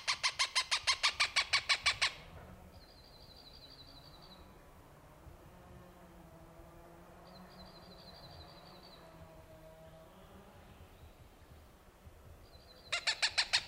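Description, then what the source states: Cooper's hawk cackling in a rapid run of harsh, even notes at the start and again at the end, with quiet between broken by short high buzzy trills of another bird. Recorded June 21, 1995.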